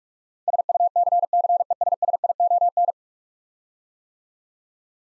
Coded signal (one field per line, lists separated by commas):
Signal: Morse code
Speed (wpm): 42 wpm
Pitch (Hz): 700 Hz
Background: none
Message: SUCCESSION